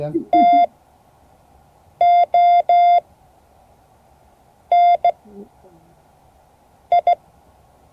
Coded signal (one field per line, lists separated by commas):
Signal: Morse code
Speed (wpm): 16 wpm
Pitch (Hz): 690 Hz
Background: speech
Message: TONI